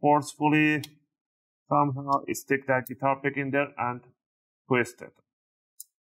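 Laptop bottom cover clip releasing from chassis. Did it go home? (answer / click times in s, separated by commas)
released / 5.8 s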